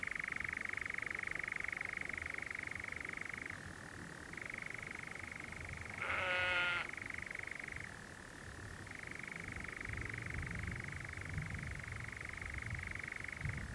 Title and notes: Sound Escape 20: the mesmerising churring of a nightjar on a summer's night. BBC Countryfile Magazine. it's a warm June evening on a hill in the Brecon Beacons and the strange churring of a nocturnal bird called the nightjar